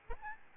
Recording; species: mosquito wingbeat signal from an infrared sensor; Aedes albopictus